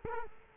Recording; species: mosquito wingbeat signal from an infrared sensor; Culex quinquefasciatus